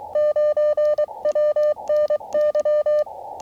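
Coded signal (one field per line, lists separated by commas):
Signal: Morse code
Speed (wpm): 23 wpm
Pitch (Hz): 590 Hz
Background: none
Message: 9 WNY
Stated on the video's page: CW Parks on the Air activation at US-5221 using a 9:1 random wire antenna; band conditions poor, slow start.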